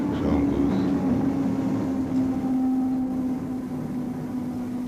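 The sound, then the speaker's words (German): A tram running through city traffic rumbles steadily along, its motor giving off a constant low droning hum over a dense wash of rolling noise, with no clear voices. “Denn sehen Sie, so ein Straßenbahnfahrer im Verkehr, der muss ja aufpassen, nicht?”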